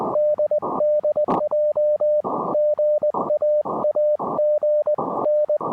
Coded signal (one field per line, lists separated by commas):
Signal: Morse code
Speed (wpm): 20 wpm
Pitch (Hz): 590 Hz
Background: none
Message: DDJ GA AG N